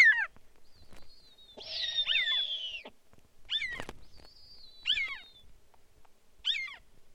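Snowy owl giving a long, harsh, hissing screech that slides slightly downward, surrounded by short, sharp, descending yelping calls and a thin high whistle.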